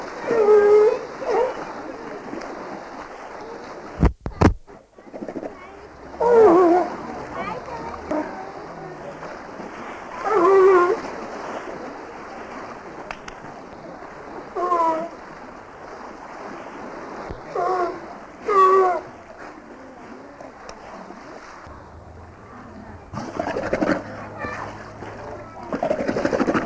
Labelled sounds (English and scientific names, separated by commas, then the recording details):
California Sea Lion (Zalophus californianus) call
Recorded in captivity
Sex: pair
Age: adult
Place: Zoo Karlsruhe, Baden-Württemberg, DE
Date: 2000-09-26 16:09
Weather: fair, 16-17°C
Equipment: Nagra SN, Kopie Uher 4000 Report Monitor
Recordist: Tembrock, Günter
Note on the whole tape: Fütterung: erst Männchen (Laute), dann Weibchen (Laute). Nach der Fütterung: Lautfolgen bei Kopfschütteln und Lippenschleudern (lauthaft)